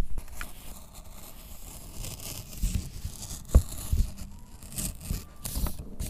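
Scissors snip through folded paper to cut out a paper snowflake, in a run of short, crisp cuts with soft rustling and crinkling between them, one sharper snap standing out midway. No voices, just steady cutting noise.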